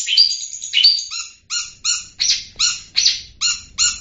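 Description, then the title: Long-tailed shrike song: two sharp squeaky phrases, then a steady series of short layered chattering notes. "cendet"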